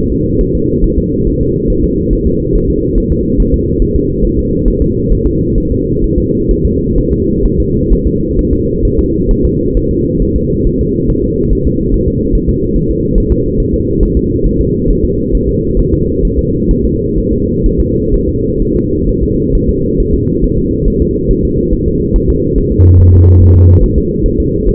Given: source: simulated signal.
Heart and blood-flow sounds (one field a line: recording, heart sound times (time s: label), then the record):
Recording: fetal heart sounds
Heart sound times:
0.12 s: S2
0.41 s: S1
0.55 s: S2
0.84 s: S1
0.98 s: S2
1.27 s: S1
1.41 s: S2
1.70 s: S1
1.84 s: S2
2.13 s: S1
2.27 s: S2
2.55 s: S1
2.70 s: S2
2.98 s: S1
3.12 s: S2
3.40 s: S1
3.54 s: S2
3.82 s: S1
3.96 s: S2
4.25 s: S1
4.39 s: S2
4.68 s: S1
4.82 s: S2
5.12 s: S1
5.27 s: S2
5.58 s: S1
5.72 s: S2
6.04 s: S1
6.18 s: S2
6.51 s: S1
6.65 s: S2
6.98 s: S1
7.13 s: S2
7.46 s: S1
7.60 s: S2
7.92 s: S1
8.07 s: S2
8.39 s: S1
8.53 s: S2
8.85 s: S1
8.99 s: S2
9.31 s: S1
9.45 s: S2
9.77 s: S1
9.91 s: S2
10.22 s: S1
10.36 s: S2
10.67 s: S1
10.81 s: S2
11.10 s: S1
11.24 s: S2
11.53 s: S1
11.67 s: S2
11.94 s: S1
12.08 s: S2
12.35 s: S1
12.49 s: S2
12.76 s: S1
12.91 s: S2
13.18 s: S1
13.32 s: S2
13.60 s: S1
13.74 s: S2
14.03 s: S1
14.17 s: S2
14.46 s: S1
14.61 s: S2
14.90 s: S1
15.05 s: S2
15.35 s: S1
15.49 s: S2
15.79 s: S1
15.94 s: S2
16.25 s: S1
16.39 s: S2
16.71 s: S1
16.85 s: S2
17.18 s: S1
17.33 s: S2
17.66 s: S1
17.80 s: S2
18.14 s: S1
18.29 s: S2
18.62 s: S1
18.76 s: S2
19.09 s: S1
19.23 s: S2
19.55 s: S1
19.69 s: S2
20.00 s: S1
20.14 s: S2
20.44 s: S1
20.58 s: S2
20.88 s: S1
21.02 s: S2
21.31 s: S1
21.45 s: S2
21.73 s: S1
21.88 s: S2
22.16 s: S1
22.30 s: S2
22.58 s: S1
22.72 s: S2
23.00 s: S1
23.14 s: S2
23.42 s: S1
23.56 s: S2
23.83 s: S1
23.98 s: S2
24.26 s: S1
24.40 s: S2
24.69 s: S1
From the record:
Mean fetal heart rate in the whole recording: 135 bpm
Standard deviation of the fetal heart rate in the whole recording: 3 bpm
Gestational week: 36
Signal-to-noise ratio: -14.7 dB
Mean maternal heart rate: 72 bpm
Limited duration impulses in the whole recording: present